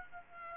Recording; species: mosquito wingbeat signal from an infrared sensor; Aedes aegypti